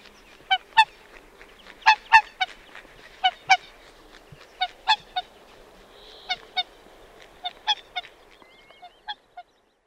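Whooper swan honking calls, loud trumpeting notes given singly and in pairs at irregular intervals.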